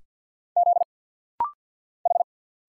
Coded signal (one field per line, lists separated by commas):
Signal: Morse code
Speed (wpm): 46 wpm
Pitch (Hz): 700 Hz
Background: none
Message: Z H